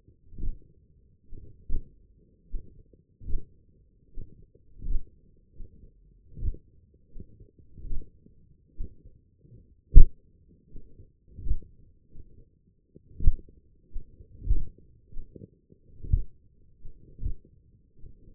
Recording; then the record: forearm muscle sounds (acoustic myography)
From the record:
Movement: forearm supination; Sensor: system 1, eight BSWA MPA416 microphones around the upper forearm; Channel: 5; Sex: male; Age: 42 years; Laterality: right